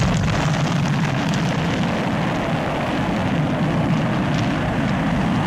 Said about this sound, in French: Décollage de fusée, ça fait rêver ça quand même.